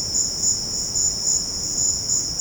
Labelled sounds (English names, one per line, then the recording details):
none
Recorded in secondary vegetation near Puerto Asís, Putumayo, Colombia, on 12 March 2025 at 14:30
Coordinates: 0.481, -76.318
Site G097